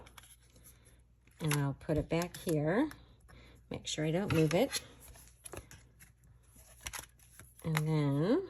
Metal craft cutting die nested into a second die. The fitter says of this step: So then again, I'm going to line it up, and it kind of just clicks into place.